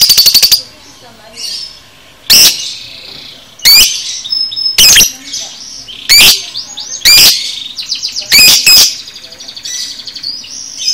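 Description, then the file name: Lovebird song: loud, harsh, shrill screeches at irregular intervals, mixed with buzzy trills and high squeaky twitters. Masteran lovebird sounds, made for training cage birds. "masteran lovebird paud"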